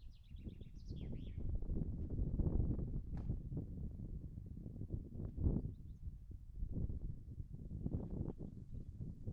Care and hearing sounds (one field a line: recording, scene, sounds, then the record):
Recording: everyday scene through a hearing-aid microphone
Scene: wind on the microphone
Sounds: wind, birds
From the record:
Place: in front of a rural house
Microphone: behind the ear, right, front